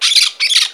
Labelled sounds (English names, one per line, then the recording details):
Brown-throated Parakeet contact call
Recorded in Margarita
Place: San Francisco, near stadium
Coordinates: 11.018, -64.294